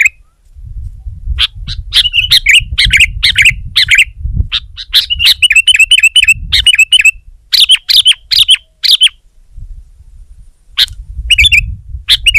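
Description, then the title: Sooty-headed bulbul song of bright, bubbly chirped phrases repeated in bursts, broken by brief pauses, with low background rumble. "kutilang"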